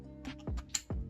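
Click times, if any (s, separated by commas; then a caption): 0.8 s. A DDR4 SO-DIMM laptop memory module going into the memory slot of a Dell Inspiron 14 3000 3481 is inserted at an angle and pushed down until the retaining clips snap. A sharp click is heard at 0.8 s amid several softer knocks and rustles, and the module is seated.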